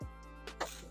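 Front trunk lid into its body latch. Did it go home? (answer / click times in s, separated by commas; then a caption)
yes / 0.5 s, 0.6 s. The front trunk lid of a 2023 Tesla Model Y Long Range 7-seater is pressed down with one hand at the centre into its body latch. Two sharp clicks sound at 0.5 s and 0.6 s, the second louder, over a steady low hum. The latch engages in two stages and the lid is seated shut.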